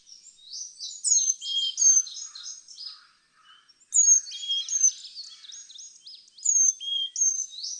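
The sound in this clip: Carolina chickadee song of pure whistles stepping between high and low pitch, repeated several times over a dense bed of thin chattering bird calls.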